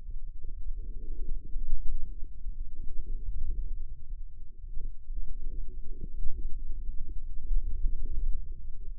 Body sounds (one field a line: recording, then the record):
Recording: forearm muscle sounds (acoustic myography)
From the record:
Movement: wrist extension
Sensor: system 2, bracelet of six BSWA MPA416 microphones around the upper forearm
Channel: 5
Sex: male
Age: 22 years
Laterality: right